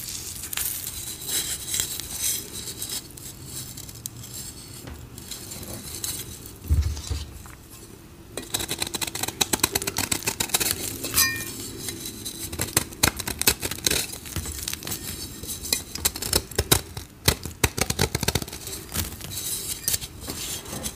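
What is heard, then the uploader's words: Dyed gym chalk is shaved in a dense run of quick, dry scraping strokes, crisp and bright with many sharp clicks. The scraping is steady at first, thins briefly around seven seconds, then returns busier and louder with sharper taps through to the end. Satisfying dyed gym chalk shaving.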